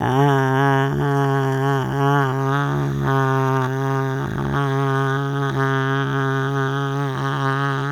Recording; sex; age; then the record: sustained vowel /a/; female; 70 to 79 years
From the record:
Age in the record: 71 years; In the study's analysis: excluded